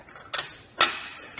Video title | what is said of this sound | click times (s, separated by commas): etrailer - Does the RockyMounts MonoRail Bike Rack for 2 Bikes Suit Your 2020 Kia Sorento | and lift the bike rack back up into place when I do you'll hear a click | 0.8 s